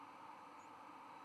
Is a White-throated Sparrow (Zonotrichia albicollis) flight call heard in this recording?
no